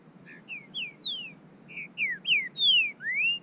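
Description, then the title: Bird song: two quick phrases of whistled notes, mostly falling slurs, the second ending in a long rising sweep. "burung"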